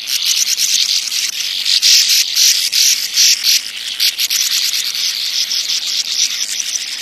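Sand martin calls: a thick, unbroken stream of scratchy, buzzing twitters with no clear pauses.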